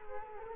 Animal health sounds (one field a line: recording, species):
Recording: mosquito wingbeat signal from an infrared sensor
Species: Culex quinquefasciatus